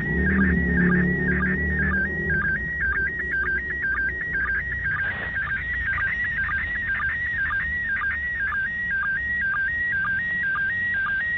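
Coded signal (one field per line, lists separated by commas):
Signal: SSTV (slow-scan television)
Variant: PD 120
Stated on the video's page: SSTV picture from the International Space Station received on 145.800 MHz with a Yaesu FT-65 handheld and stock rubber duck antenna; somewhat noisy.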